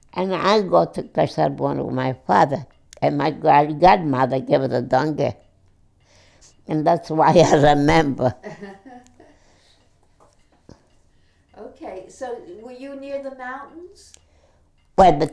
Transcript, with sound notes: And I loved to, because I had one with my father, and my godmother gave me the donkey, and that's why I remember. ( they laugh )
Okay. So were you near the mountains?
Well, the, yeah.